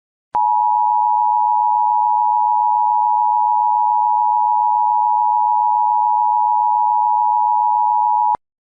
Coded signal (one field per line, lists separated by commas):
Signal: Emergency Alert System (SAME) tones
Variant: 853 and 960 Hz attention tone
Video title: EAS Mock - I'm So Drunk...